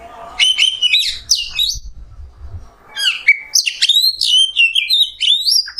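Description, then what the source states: Oriental magpie-robin song: bright, slurred whistles and buzzy notes in two energetic bursts separated by a brief quiet gap. Indonesian kacer masteran, a tutor song for training songbirds, in the nembak song style.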